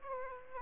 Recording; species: mosquito wingbeat signal from an infrared sensor; Aedes aegypti